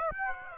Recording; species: mosquito wingbeat signal from an infrared sensor; Aedes aegypti